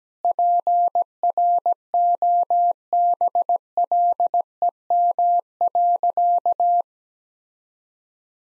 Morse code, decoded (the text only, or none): PROBLEM.